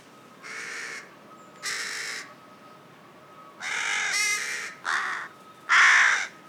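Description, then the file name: Carrion crow giving several hoarse caws of varying length, the later ones louder and closer together, over a faint steady background hum. "Corvus corone"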